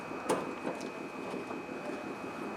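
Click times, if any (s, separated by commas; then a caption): 0.3 s. A replacement headlight bulb is inserted into the headlamp housing of a 2008–2010 Ford F350 truck and twisted until it locks in place. A single soft, short click is heard at 0.3 s against a steady low background hum, and the bulb is seated.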